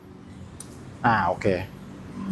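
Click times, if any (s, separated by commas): 0.6 s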